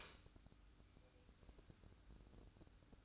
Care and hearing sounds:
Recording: daily activity, microphone in the room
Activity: light on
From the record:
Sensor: 2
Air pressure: 1007.7 hPa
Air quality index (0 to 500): 82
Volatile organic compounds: 1 ppm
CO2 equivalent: 655 ppm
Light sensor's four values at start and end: 7/16/6/7 and 12/36/14/14

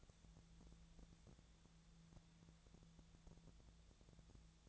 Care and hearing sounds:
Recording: daily activity, microphone in the room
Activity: wipe stove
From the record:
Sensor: 3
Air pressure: 1000.5 hPa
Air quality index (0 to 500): 179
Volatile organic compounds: 4 ppm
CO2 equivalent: 1553 ppm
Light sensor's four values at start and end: 12/29/12/13 and 12/29/12/13

